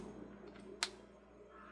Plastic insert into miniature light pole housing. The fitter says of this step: here I don't know if you can hear that click